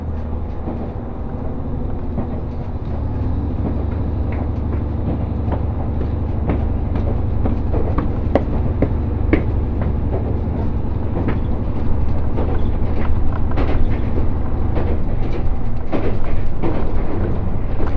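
Resort Shirakami No. 4 on the Gonō Line rumbles steadily with a deep low drone, scattered clacks and rattles throughout, growing slightly louder after four seconds.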